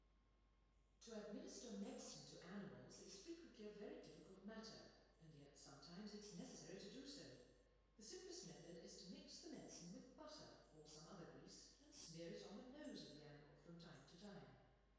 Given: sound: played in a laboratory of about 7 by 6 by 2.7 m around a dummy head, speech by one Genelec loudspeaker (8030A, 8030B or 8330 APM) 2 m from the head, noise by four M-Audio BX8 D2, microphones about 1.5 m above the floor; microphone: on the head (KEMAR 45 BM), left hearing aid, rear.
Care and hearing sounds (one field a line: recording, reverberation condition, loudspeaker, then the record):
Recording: female speech in English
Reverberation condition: high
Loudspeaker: 30 degrees to the right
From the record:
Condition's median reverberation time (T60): about 1300 ms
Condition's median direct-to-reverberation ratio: about -4.0 dB